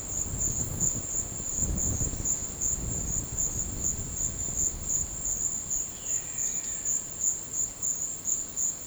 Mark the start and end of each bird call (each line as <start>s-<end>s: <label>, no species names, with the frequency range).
5.89s-7.16s: bird call (0.6-4.3 kHz)